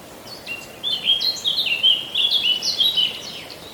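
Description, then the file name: Eurasian blackcap song: a bright, tumbling warble lasting most. "Sylvia atricapilla"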